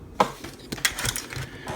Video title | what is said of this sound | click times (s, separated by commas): Mastermind Creations R-17 - CARNIFEX | And it does, you'll feel it clearly lock into place at both the top and the bottom, which is nice. | 0.2 s, 0.9 s